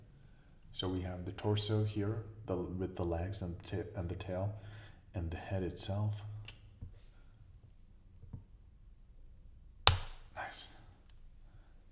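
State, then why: Seated. Someone talks while the torso, legs, tail and head sections of a LEGO llama model are rejoined. A single loud, sharp plastic click comes at 9.9 s as the body sections snap together and seat, and afterwards the joint moves nicely.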